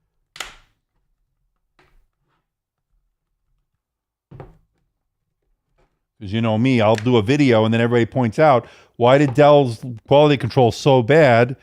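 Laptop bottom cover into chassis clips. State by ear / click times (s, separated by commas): seated / 0.4 s, 4.4 s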